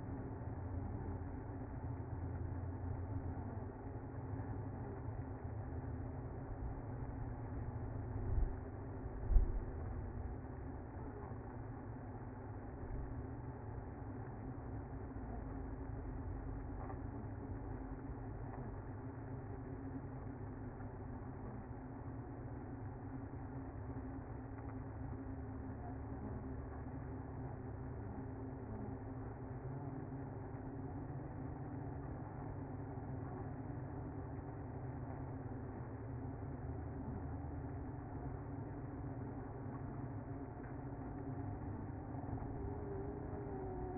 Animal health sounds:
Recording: honeybee colony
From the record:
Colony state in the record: active

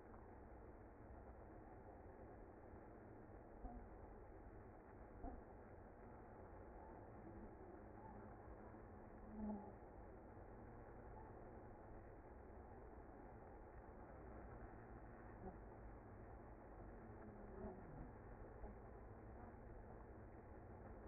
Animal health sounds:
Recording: honeybee colony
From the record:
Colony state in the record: active

